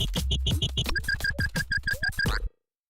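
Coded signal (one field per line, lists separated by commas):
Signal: none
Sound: synth sounds in music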